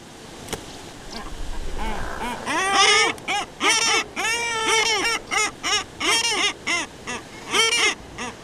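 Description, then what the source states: Common Guillemot agitated call, harsh nasal growling calls with arching harmonic bands, in repeated bursts, a faint rumble before them. Upset guillemot complaining about its neighbour in the breeding colony.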